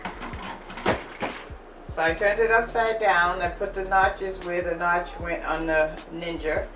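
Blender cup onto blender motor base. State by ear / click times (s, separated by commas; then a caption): not seated / none. A Ninja blender cup is turned upside down and its notches are lined up with the notch on the motor base, ready for the twist-lock. Someone talks over soft handling sounds, with a brief knock at 0.1 s. The cup has not yet been twisted and nothing has clicked.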